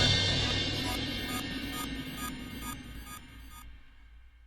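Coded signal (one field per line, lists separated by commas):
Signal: none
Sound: intro music beeps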